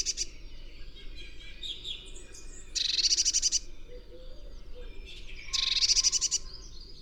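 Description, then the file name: Eurasian blue tit calls: two bursts of high, rapid buzzy churring notes about three seconds apart, with faint thin chirps between them. "Cyanistes caeruleus"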